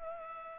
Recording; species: mosquito wingbeat signal from an infrared sensor; Culex pipiens